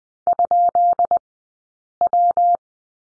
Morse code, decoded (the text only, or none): ?W